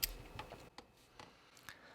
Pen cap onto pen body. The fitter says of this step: kind of luxury uh features to it like that nice click into place